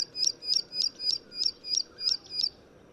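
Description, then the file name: Plain prinia song: a rapid series of eight sharp, buzzy notes repeated about every third of a second, then stopping. "褐頭鷦鶯"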